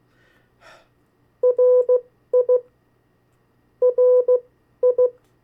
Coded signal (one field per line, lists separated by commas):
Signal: Morse code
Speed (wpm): 16 wpm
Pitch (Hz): 500 Hz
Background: none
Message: RI RI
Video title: 50 State Abbreviations, Variable speeds, in CW Video #2